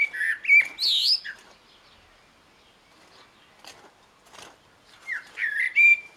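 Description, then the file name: Eurasian blackbird song: a warbled whistle with a harsh, high flourish at the start, a quiet gap with soft ticks, then another mellow phrase near five seconds. "Turdus merula"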